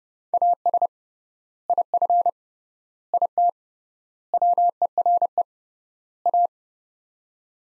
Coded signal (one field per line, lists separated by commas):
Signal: Morse code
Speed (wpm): 30 wpm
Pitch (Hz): 700 Hz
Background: none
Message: AS IF IT WERE A